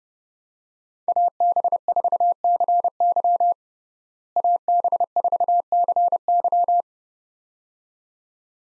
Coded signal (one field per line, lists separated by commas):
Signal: Morse code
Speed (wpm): 32 wpm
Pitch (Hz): 700 Hz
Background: none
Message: AB4CY AB4CY